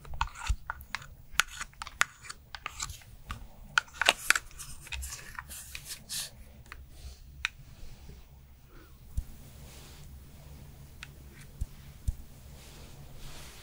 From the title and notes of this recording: ASMR Korean Special Skincare Routine for Winter (No Talking).